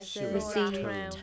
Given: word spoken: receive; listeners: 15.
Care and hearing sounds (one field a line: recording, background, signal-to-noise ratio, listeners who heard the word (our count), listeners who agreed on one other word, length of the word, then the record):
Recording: one English word in noise, from a listening test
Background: four-talker babble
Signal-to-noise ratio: 0.7 dB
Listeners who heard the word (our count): 4 of 15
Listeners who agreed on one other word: 9 of 15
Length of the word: 0.83 s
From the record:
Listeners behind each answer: 9, 4, 1, 1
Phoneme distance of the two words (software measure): 7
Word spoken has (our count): 2 syllables, 5 phonemes, stress on syllable 2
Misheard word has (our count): 2 syllables, 6 phonemes, stress on syllable 2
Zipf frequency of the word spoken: 4.42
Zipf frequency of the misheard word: 4.65